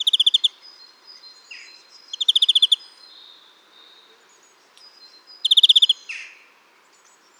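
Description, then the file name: European greenfinch with three rapid chattering trills, short slurred notes after two of them, and faint chirps and whistles behind. "Chloris chloris"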